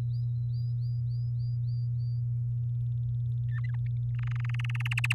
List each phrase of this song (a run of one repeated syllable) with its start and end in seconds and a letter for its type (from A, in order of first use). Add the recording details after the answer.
3.48-3.76 A, 4.19-5.13 B. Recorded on 9 May 2018 at 05:41. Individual llb16